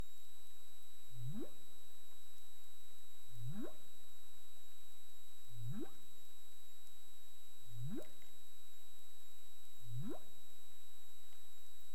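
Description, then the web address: Humpback whale calling with five rising, swooping upsweeps, evenly spaced, beneath a constant thin high-pitched hum. Caribbean, recorded 20 March 2035 at 15:41 UTC. "CARIMAM clean data humpback whale"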